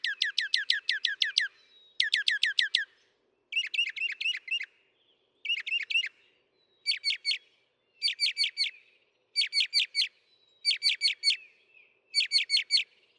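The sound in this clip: Northern mockingbird song: a string of short bursts of rapid repeated sharp notes, each type repeated a few times before switching to another.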